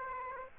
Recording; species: mosquito wingbeat signal from an infrared sensor; Aedes aegypti